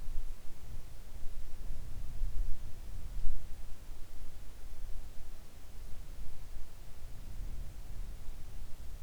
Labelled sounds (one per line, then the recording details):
near silence
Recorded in the Arctic National Wildlife Refuge, Alaska, on 3 August 2019 at 06:10
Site 41